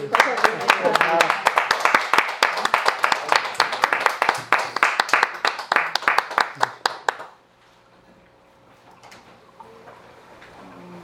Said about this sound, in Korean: 자, 그럼 두 분 나오실 때 박수를 한번 맞이해 주시겠습니까?